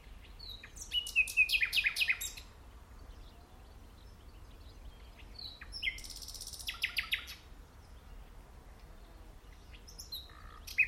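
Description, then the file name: Common nightingale song: a loud phrase of rapid repeated notes, scattered soft chirps, another burst near six seconds, then quiet with brief notes at the end. "Luscinia megarhynchos"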